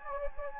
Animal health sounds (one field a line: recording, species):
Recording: mosquito wingbeat signal from an infrared sensor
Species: Anopheles gambiae